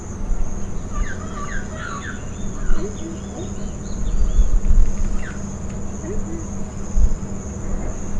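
Bird calls: a cluster of short, high chirps in the first three seconds, then a few scattered notes, over a constant low rumble and hum.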